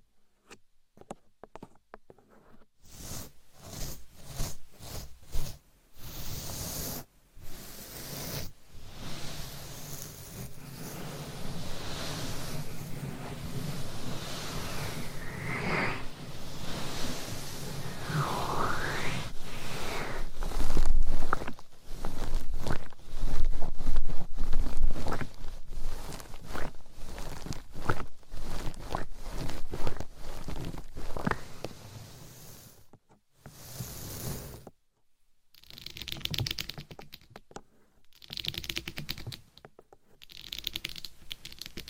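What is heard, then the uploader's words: Scratching and tapping on a microphone with long nails, dense quick clicks and rubbing, louder mid-clip, then sparse taps with short silences near the end. ASMR Binaural Mic Scratching , Tapping & Massage BEJEWELED MIC & Long Nails No Talking.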